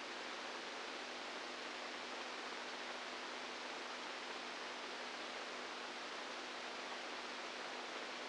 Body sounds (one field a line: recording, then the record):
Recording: brain microelectrode recording played as sound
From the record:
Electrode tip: inside the subthalamic nucleus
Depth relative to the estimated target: -3 mm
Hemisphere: right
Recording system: NeuroSet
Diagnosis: Parkinson's disease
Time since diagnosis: 10 years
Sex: female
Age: 67 years